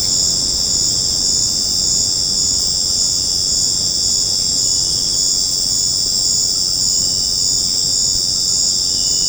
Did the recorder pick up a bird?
no